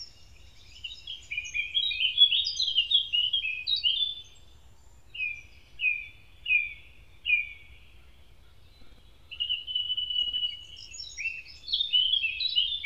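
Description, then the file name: Eurasian blackcap song: a rich, rapid warble, then a few clear repeated slurred notes, before the bird breaks into another fast, varied warbling flourish. "moenchsgrasmuecke"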